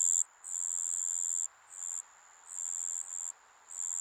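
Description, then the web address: Insects trilling: a high, steady shrill buzz in bursts with short breaks between them, over a soft continuous hiss. Summer insect ambience recorded in Japan. "Sound Effects-Foundation 1 AMBIENCE JAPANESE SUMMER INSECTS"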